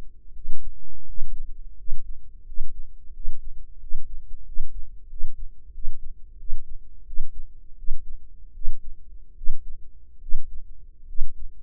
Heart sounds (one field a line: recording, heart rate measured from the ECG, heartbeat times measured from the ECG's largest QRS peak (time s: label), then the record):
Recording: heart sounds by microphone in the right ear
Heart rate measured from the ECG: 84 bpm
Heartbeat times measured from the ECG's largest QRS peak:
0.28 s: heartbeat
1.01 s: heartbeat
1.72 s: heartbeat
2.42 s: heartbeat
3.09 s: heartbeat
3.76 s: heartbeat
4.42 s: heartbeat
5.06 s: heartbeat
5.70 s: heartbeat
6.36 s: heartbeat
7.03 s: heartbeat
7.75 s: heartbeat
8.52 s: heartbeat
9.34 s: heartbeat
10.19 s: heartbeat
11.06 s: heartbeat
From the record:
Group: healthy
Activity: breath hold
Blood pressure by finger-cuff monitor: 99/74 mmHg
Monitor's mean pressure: 85 mmHg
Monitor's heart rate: 86 bpm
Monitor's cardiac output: 6.4 L/min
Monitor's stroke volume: 73 mL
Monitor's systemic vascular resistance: 900 dyn s/cm5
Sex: female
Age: 23 years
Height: 160 cm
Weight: 50.4 kg